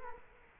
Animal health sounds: mosquito wingbeat signal from an infrared sensor; Culex quinquefasciatus

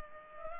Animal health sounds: mosquito wingbeat signal from an infrared sensor; Culex pipiens

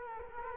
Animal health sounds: mosquito wingbeat signal from an infrared sensor; Culex quinquefasciatus

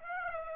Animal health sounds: mosquito wingbeat signal from an infrared sensor; Aedes aegypti

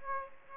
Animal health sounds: mosquito wingbeat signal from an infrared sensor; Aedes aegypti

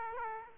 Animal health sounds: mosquito wingbeat signal from an infrared sensor; Aedes aegypti

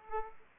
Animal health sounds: mosquito wingbeat signal from an infrared sensor; Aedes aegypti

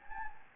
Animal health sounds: mosquito wingbeat signal from an infrared sensor; Anopheles gambiae

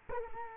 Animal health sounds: mosquito wingbeat signal from an infrared sensor; Culex quinquefasciatus

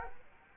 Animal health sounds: mosquito wingbeat signal from an infrared sensor; Culex quinquefasciatus

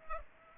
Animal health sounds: mosquito wingbeat signal from an infrared sensor; Culex pipiens

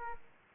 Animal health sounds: mosquito wingbeat signal from an infrared sensor; Aedes aegypti

